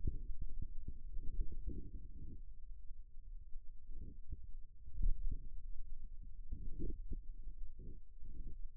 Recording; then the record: forearm muscle sounds (acoustic myography)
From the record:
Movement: finger pinch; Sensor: system 2, bracelet of six BSWA MPA416 microphones around the upper forearm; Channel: 5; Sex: male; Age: 22 years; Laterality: right